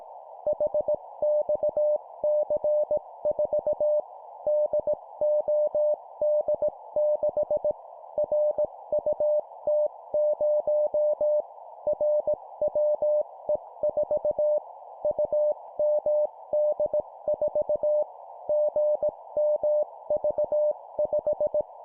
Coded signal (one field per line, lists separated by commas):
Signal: Morse code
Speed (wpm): 18 wpm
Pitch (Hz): 600 Hz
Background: none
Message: HXC4 DOD6 RUT0 RWE4 UMD4 GMV5